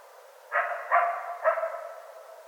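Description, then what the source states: Coyote barking: three hoarse, harsh barks about half a second apart, each trailing into a short wavering tail. Several coyotes, recorded 25 January 2013.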